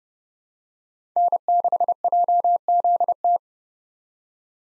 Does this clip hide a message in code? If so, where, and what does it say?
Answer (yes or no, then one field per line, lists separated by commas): yes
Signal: Morse code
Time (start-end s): 1.2-3.4 s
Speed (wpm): 30 wpm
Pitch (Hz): 700 Hz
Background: none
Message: N6JZT